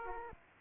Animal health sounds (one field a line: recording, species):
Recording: mosquito wingbeat signal from an infrared sensor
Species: Aedes aegypti